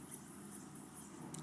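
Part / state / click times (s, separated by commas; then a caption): watch component into the watch case / seated / 1.3 s. A watch component is fitted into a watch case and clicks into place against the side of the case, seated securely so it will not fly out. Over a steady low background hiss, there is a faint tap at 0.1 s, then a sharp, bright click at 1.3 s as the part seats.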